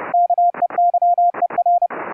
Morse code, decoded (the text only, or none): KEYER